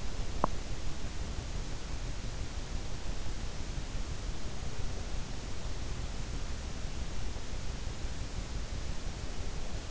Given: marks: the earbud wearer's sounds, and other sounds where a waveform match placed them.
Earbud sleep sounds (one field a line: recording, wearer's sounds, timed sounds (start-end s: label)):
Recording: sounds in sleep by an in-ear microphone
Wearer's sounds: teeth grinding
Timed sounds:
0.00-0.80 s: teeth grinding